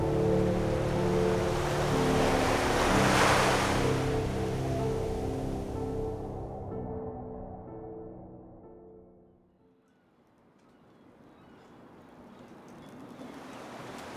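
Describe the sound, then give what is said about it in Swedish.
Loud, rushing surf crashes in a broad wash of noise over a low droning rumble, then briefly subsides before the swell of water builds back up again. No voices. “Alla ni sköljs våldsamt ner i havet.”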